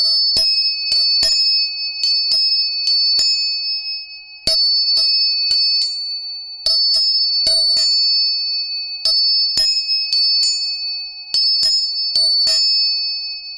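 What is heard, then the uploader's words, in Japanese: Three tuning forks are struck again and again with sharp metallic taps, their steady pure tones ringing on, low and high, between strikes. 音叉チューニング3本。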